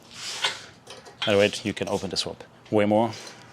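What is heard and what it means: Someone talks while handling the steel swing-away arm of a Hyperax 2-inch hitch swing adapter, moving it back toward its latch. Faint light handling noises mix with the speech, but nothing has seated or clicked yet: the clip ends before the swing arm latch locks in place.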